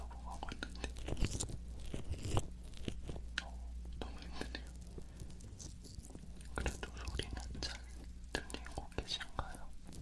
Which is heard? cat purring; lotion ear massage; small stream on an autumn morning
lotion ear massage